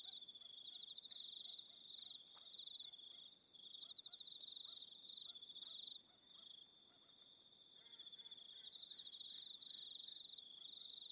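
Crickets singing in a dense, high pulsing chorus with brief dips in loudness.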